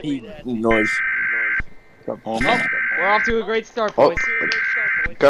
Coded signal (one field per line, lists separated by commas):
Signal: Emergency Alert System (SAME) tones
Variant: header bursts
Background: speech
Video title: Goodbye Pog Series ( EAS Reactions )